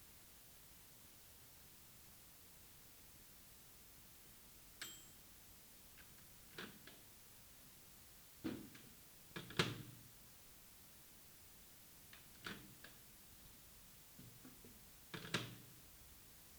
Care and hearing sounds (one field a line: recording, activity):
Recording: daily activity, guitar pickup as the sensor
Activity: use microwave